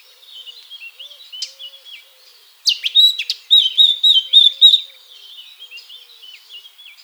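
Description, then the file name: Eurasian blackcap song: soft, rambling twitter swells into a loud, fast warbling burst for about two seconds, then drops back to quiet twittering. "Sylvia atricapilla"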